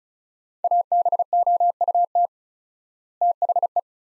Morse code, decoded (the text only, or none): ABOUT THE